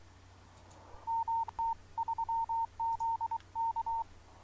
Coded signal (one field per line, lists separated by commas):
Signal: Morse code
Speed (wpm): 22 wpm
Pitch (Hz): 910 Hz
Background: none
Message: MT3ZK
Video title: RS-BA1 using CwGet with Better Signals